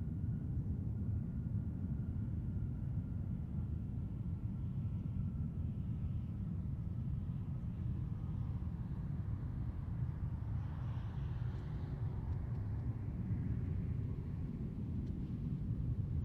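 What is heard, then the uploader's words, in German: Aircraft approaching the runway at Kloten airport: a steady, heavy low roar fills the whole stretch without letting up. A faint thin whine runs along early on, and around ten to twelve seconds a brighter hiss swells briefly above the rumble. September, 13:24 CET. Flughafen Kloten. Im Minutentakt fliegen sie an. Auf die Piste 14.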